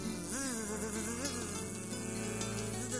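A fly buzzes continuously, its droning pitch wavering up and down over a steady humming tone, loud and unbroken throughout, with no voices.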